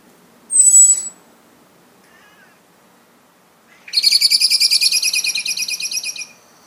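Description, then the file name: Common blackbird giving a thin, high drawn-out seee note, then after a pause a long, fast rattling chatter of harsh notes. "Turdus merula"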